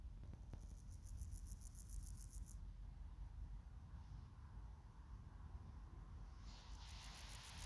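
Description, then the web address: Meadow grasshopper song: a faint, high series of rapid rasping pulses for about two seconds, then another burst starting near the end, over steady low rumbling background noise. 20 August 2024, around 14:20. "2024 08 20 14 20 49 parallelus"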